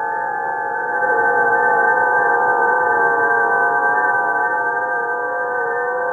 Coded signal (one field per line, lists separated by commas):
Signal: FT8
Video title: SDR RTL USB Receivers